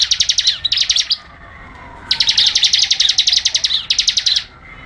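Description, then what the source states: Bar-winged prinia rapid song: long strings of quick, high, even notes in a few bursts, with one pause of about a second. Ngebren style: rapid song of the ciblek.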